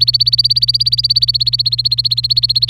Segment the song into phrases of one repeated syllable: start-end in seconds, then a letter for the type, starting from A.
0.00-2.69 A